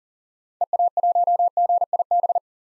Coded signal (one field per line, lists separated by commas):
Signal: Morse code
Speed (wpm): 40 wpm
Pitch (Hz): 700 Hz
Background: none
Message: EA1GIB